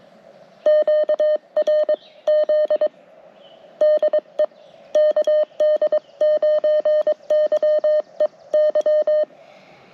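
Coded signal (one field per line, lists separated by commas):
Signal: Morse code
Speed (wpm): 22 wpm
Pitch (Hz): 590 Hz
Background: none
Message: QRZ DE KD9YEY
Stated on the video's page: Attempted CW park activation during a bicycle trip with broken equipment; the activation failed.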